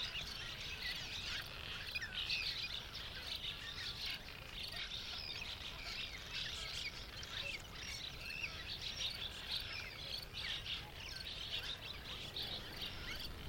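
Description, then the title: Cliff Swallows in a dense, ongoing chorus of high chirps and twitters, many birds calling at once over steady background noise. Thousands of swallows darting in and out of hundreds or thousands of cliff nests at a rookery; late morning; Columbia National Wildlife Refuge. "Cliff Swallows at Late-Morning At Columbia National Wildlife Refuge"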